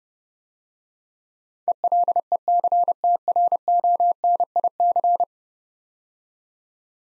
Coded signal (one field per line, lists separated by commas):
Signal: Morse code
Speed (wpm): 30 wpm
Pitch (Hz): 700 Hz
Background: none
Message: ELECTRONIC